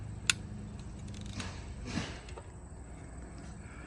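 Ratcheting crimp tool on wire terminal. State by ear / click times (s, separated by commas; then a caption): torque reached / 0.3 s. A ratcheting crimping tool is pressed down on a metal terminal end to crimp it onto a wire until the tool gives its click and releases. A single sharp, bright click at 0.3 s stands well above a low background hum, followed by faint handling ticks and a soft rustle around 1.4 s and 2.0 s. The click marks the full crimp.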